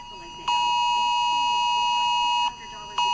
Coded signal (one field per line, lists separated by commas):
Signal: Emergency Alert System (SAME) tones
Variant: 853 and 960 Hz attention tone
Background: speech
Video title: October 4th, 2023 EAS Test 쉬운 경고